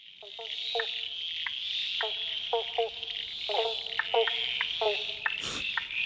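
Eastern banjo frogs give short, twangy plucked 'bonk' calls, often in quick pairs, repeating irregularly over a steady, high-pitched shrill drone of crickets. There are about a dozen calls, with no talking.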